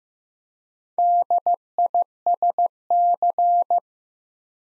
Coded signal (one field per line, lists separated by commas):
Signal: Morse code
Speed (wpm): 15 wpm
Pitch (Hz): 700 Hz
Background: none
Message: DISC